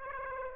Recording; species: mosquito wingbeat signal from an infrared sensor; Aedes aegypti